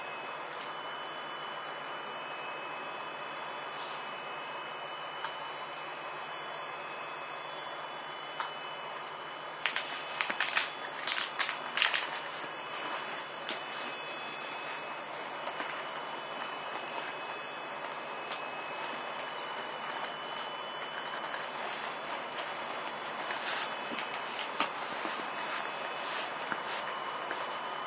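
A Toei 10-300 series train runs with a steady rumbling roar and faint whining tones held throughout. Bursts of sharp clattering and knocking break in around ten to twelve seconds, and lighter rattles return near the end.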